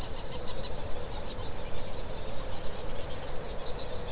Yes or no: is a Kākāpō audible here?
no